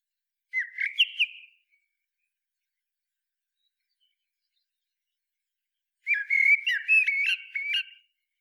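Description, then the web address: Common blackbird giving a short fluty warble, falling silent for several seconds, then singing a longer rich whistled phrase. "SETE Turdus merula"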